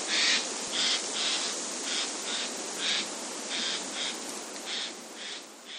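Eurasian jay calling with rough, scratchy notes repeated in a steady series against constant hissing background noise.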